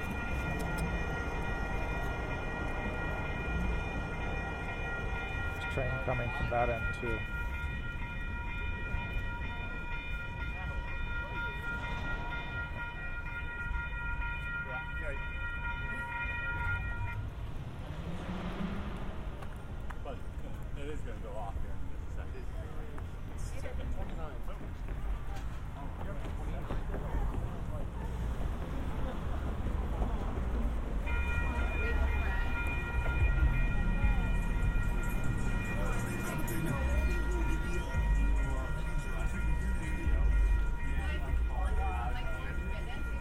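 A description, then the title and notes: A walk through San Diego streets, recorded binaurally, with a steady low rumble of traffic throughout. A tonal whine, like a train or trolley, sounds from the start to about 17 seconds and again after 31 seconds, with voices mixed in. Harbor to Apartment. A binaural recording of a walk from the San Diego County Admin Building to my apartment in Golden Hill.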